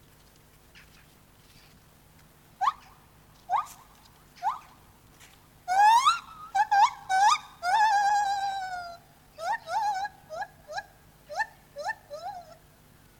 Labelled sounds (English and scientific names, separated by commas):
Lar Gibbon (Hylobates lar)